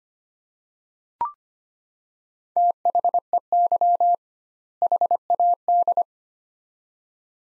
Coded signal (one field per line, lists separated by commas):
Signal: Morse code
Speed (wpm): 25 wpm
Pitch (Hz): 700 Hz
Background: none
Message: THEY HAD